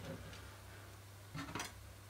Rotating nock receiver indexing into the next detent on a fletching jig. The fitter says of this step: gonna hear it snap into the next spot it's in that groove